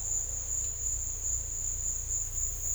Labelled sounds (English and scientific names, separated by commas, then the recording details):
none
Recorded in secondary vegetation near Puerto Asís, Putumayo, Colombia, on 18 December 2024 at 14:00
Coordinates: 0.488, -76.319
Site GP04